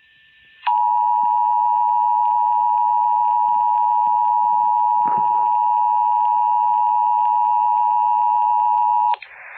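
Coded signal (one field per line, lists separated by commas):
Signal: Emergency Alert System (SAME) tones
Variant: 853 and 960 Hz attention tone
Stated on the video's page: Alabama tornado warning from an FM station, apparently relayed from a NOAA weather radio station.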